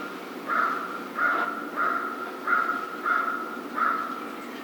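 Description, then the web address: American crow calling with six rough, harsh caws. 1 February 2010. "Crow 2010 02 01 American Crow"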